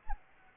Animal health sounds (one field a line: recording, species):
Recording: mosquito wingbeat signal from an infrared sensor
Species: Anopheles arabiensis